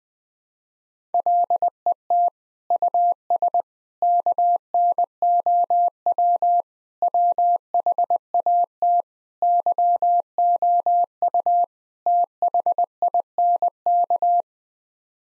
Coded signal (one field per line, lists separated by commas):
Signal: Morse code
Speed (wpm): 20 wpm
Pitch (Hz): 700 Hz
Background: none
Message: LET US KNOW WHAT YOU THINK